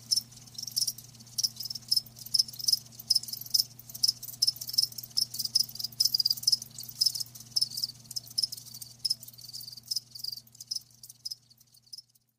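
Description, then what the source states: Cricket chirps in quick repeated high pulses, one clearer regular chirper among others, fading out near the end, with a low steady hum. Live crickets chirping with a lulling song.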